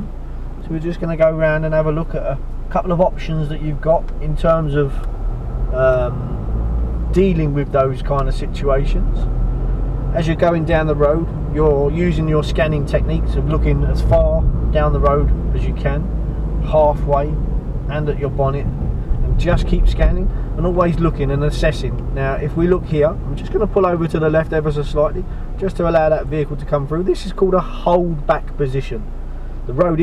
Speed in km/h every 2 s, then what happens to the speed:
0, 0, 3, 13, 18, 24, 26, 26, 23, 21, 21, 19, 11, 5, 0.
0-3 standing. 3-14 pulls away to 26. 14-27 slows to 0. 27-30 standing.